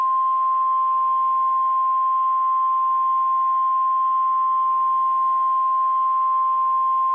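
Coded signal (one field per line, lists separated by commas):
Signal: Emergency Alert System (SAME) tones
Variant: 1050 Hz attention tone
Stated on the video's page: Mock (simulated) EAS alert.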